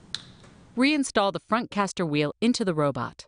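After its axle is cleaned, the small plastic front caster wheel of an iRobot Roomba 980 robot vacuum is pressed firmly back into its housing and clicks into place with a single sharp click at 0.2 s. Someone talks for the rest of the clip.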